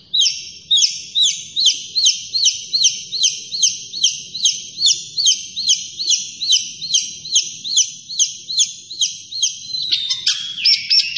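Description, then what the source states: Long-tailed shrike song, a rapid series of high, looping whistled notes repeated about two per second, ending in a short harsher burst. Named by the Indonesian local name cendet; described as gacor, meaning the bird is singing actively.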